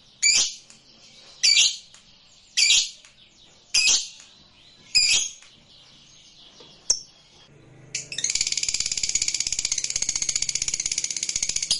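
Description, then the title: Lovebird gives a string of harsh high chirps about once a second, pauses, then breaks into a sustained fast shrill trill. Lovebird described as lazy to sing, becoming eager and spontaneously going straight into narik singing. "LOVEBIRD Malas Bunyi JADI GREGET SPONTAN Langsung NARIK"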